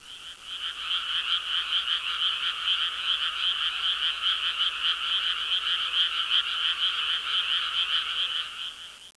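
Frog calling in a continuous rapid series of rattling croaks, steady throughout.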